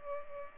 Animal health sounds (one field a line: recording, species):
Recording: mosquito wingbeat signal from an infrared sensor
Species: Culex pipiens